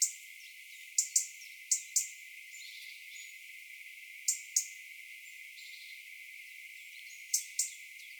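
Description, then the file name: European robin ticking repeatedly, mostly in quick doubled clicks at irregular intervals, with faint high notes and steady hiss behind. "Erithacus rubecula"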